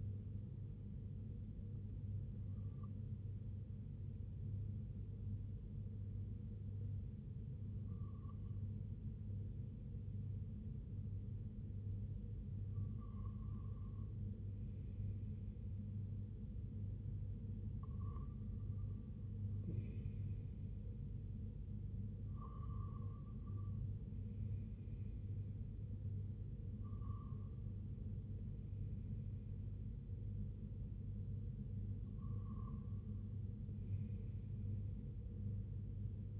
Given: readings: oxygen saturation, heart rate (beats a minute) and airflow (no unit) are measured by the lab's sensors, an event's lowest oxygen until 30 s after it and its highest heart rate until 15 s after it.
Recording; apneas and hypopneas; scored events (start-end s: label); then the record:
breathing in sleep by a smartphone at the bedside; 1
5.00-20.40 s: hypopnea (N1, oxygen 97% highest, then 92% lowest, heart rate 84 at the start, 84 highest)
From the record:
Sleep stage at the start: N1 (lightest sleep); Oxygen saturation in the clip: 92 to 97%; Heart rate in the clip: 63 to 95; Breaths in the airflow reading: 7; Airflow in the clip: -6.6 to 4.6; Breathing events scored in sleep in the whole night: 258 in 7.4 hours asleep